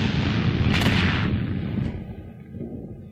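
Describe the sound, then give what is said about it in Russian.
A structure rocks and crashes down after a terrible rebound blow: a loud, deep rumbling roar with a sharp cracking burst about a second in, then the low rumble slowly fades. No voices. “Обратный удар был ужасен. Сооружение качнулось и рухнул.”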